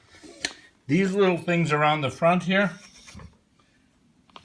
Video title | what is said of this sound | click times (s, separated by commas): Using my 800 series Roomba | And you just push down, and you feel it click in, and then it'll wheel. | 0.4 s